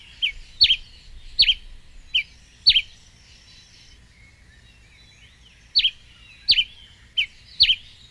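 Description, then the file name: White-lined Tanager song: paired sharp chirps repeated quickly, a quiet gap of about three seconds, then the chirping resumes. "canto da pipira preta"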